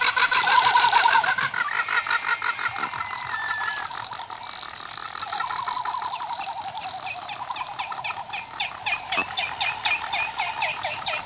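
Frigatebird calls: fast chattering trills and buzzy pulsed notes, with a few thin whistled slurs early on.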